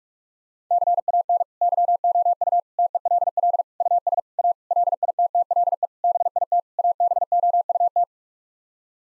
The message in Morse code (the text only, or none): CAN YOU TELL US A LITTLE BIT ABOUT